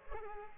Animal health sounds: mosquito wingbeat signal from an infrared sensor; Culex pipiens

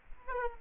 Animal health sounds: mosquito wingbeat signal from an infrared sensor; Aedes aegypti

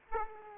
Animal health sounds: mosquito wingbeat signal from an infrared sensor; Aedes aegypti

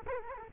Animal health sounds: mosquito wingbeat signal from an infrared sensor; Culex quinquefasciatus

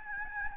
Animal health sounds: mosquito wingbeat signal from an infrared sensor; Aedes albopictus

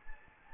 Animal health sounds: mosquito wingbeat signal from an infrared sensor; Anopheles gambiae

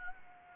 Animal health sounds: mosquito wingbeat signal from an infrared sensor; Anopheles gambiae

